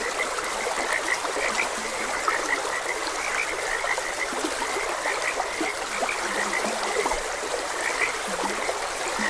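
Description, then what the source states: Many frogs croaking together without pause, high chirps layered over scattered low grunting notes, against the even rush of a stream. Frogs croaking beside a gentle stream.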